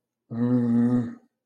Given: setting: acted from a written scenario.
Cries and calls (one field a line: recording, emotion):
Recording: vocal sound without words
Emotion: guilt